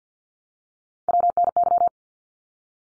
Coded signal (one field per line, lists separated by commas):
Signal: Morse code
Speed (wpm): 50 wpm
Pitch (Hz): 700 Hz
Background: none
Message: WNY